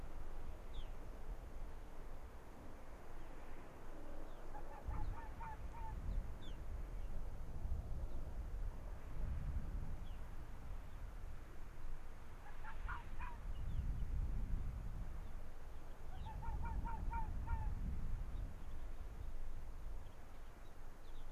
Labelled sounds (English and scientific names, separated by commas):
Arctic Fox (Vulpes lagopus)